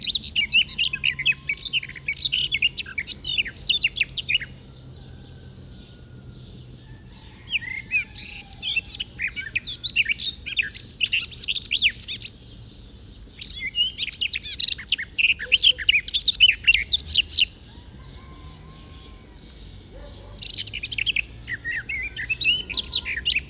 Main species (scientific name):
Sylvia borin